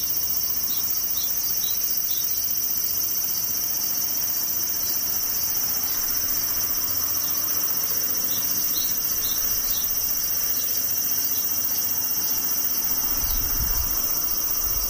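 Cicadas drone without pause, a dense, steady, high-pitched buzz that stays level the whole time with a shrill ringing tone on top. Faint brief chirps flicker through now and then, and a short low rumble comes in near the end.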